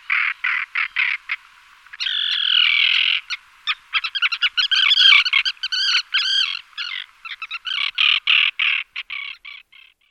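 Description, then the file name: Common tern calls: harsh, rasping notes repeated rapidly, some drawn-out grating cries mixed with short clipped kik notes. "rybák-obecný"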